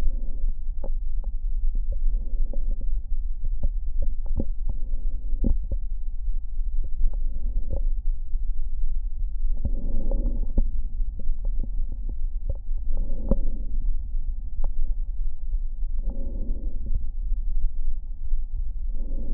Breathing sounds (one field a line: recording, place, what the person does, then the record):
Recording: lung sounds by stethoscope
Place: left posterior basal chest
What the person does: quiet breathing, then deep breathing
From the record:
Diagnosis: interstitial lung disease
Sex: female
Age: 60 years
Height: 154 cm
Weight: 68.1 kg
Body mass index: 28.7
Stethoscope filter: diaphragm mode